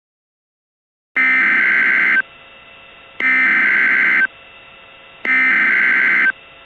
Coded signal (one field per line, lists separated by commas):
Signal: Emergency Alert System (SAME) tones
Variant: header bursts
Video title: EAS Scenario: Museum Tornado